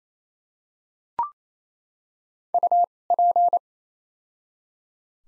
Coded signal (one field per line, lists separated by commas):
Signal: Morse code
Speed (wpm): 28 wpm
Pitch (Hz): 700 Hz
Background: none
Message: U P